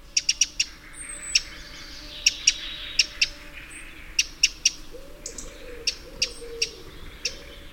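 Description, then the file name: Eurasian wren calls: sharp, high ticking notes in small clusters every second or so, with a few thin high whistles in between. "Troglodytes troglodytes"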